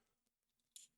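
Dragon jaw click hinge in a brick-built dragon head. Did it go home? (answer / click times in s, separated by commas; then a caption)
yes / 0.8 s. With the flame piece removed, the jaw of the plastic brick-built dragon head from the LEGO Harry Potter Gringotts Wizarding Bank Collectors' Edition set 76417 is opened on its ratcheting hinge joint. A few faint ticks lead up to a sharp, bright click at 0.8 s as the jaw clicks into its open position.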